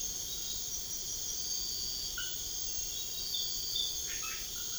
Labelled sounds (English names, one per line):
none